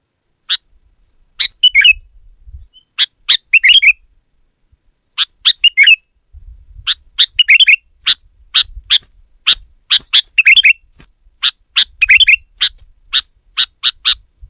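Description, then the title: Sooty-headed bulbul giving sharp single chips mixed with short warbled phrases, repeated irregularly throughout. "kutilang"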